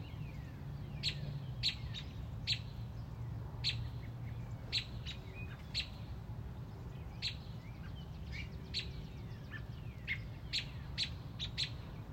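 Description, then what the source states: Robin sounding crisp, high chips, often in quick pairs, spread irregularly through the recording, with faint thin whistles and a steady low hum. Mother robin on a front porch, protecting a newly hatched baby robin.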